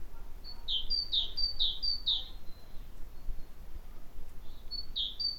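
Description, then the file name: Great tit song: a bout of about four rhythmic two-note phrases, each high then dropping, a pause, then the song starts again, over low background noise. "Parus major"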